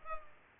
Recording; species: mosquito wingbeat signal from an infrared sensor; Culex pipiens